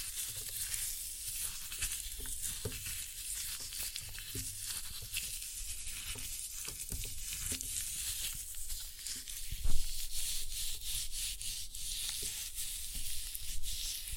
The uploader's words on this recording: Floral Foam Glitter Bomb Crushing.